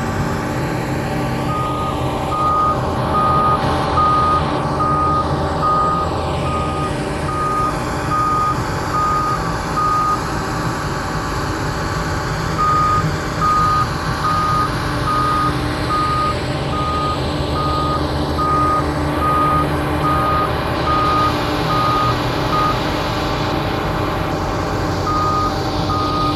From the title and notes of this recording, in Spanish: Demolición Muelle Puerto Colombia 2 by Kellyn Parra Garcia.